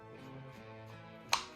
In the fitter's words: until it clicks and as you can see right there it's locked in place